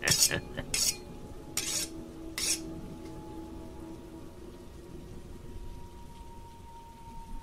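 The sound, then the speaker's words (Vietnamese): Steady cold night rain hisses throughout, a soft, even wash of noise, with four harsh scraping bursts of a knife being sharpened on the bottom of a small bowl in the first few seconds and a faint thin tone lingering later. “Trong đêm mưa lạnh lẽo, trong cái không gian ma quái, tiếng mài dao nghe đến kinh dị.”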